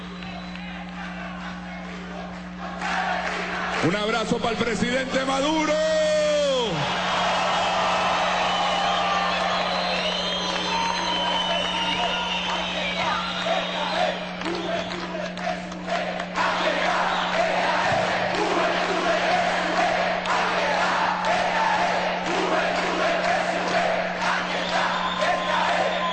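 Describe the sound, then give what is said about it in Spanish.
A large crowd of young members of Venezuela's United Socialist Party (PSUV), at a PSUV swearing-in event addressed by Nicolás Maduro, bursts into loud, sustained shouting of a rallying chant for a video, with one rising yell early on and the roar holding steady for over twenty seconds; a voice speaks amid the noise. “Griten ahí el grito de...”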